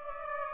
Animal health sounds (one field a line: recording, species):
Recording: mosquito wingbeat signal from an infrared sensor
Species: Aedes aegypti